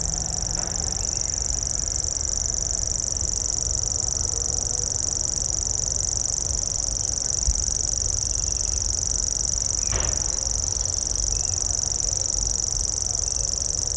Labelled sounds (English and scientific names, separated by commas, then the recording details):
Common Grasshopper Warbler (Locustella naevia) song
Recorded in the wild
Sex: male
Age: adult
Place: Malchower Aue, Berlin, DE
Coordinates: 52.5667, 13.4833
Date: 1990-05-16 21:33
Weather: 14,5 °C
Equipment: Uher 4400 Report Monitor, Sennheiser MKH 416 T
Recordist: Frommolt, Karl-Heinz